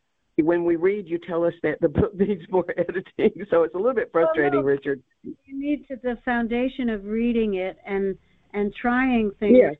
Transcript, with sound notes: When we read, you tell us that the book needs more editing. (laughs) So it's a little bit frustrating, Richard.
Well, no. You need the foundation of reading it and, and trying things-